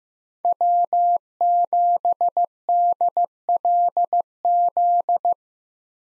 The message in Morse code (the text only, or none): W7DLZ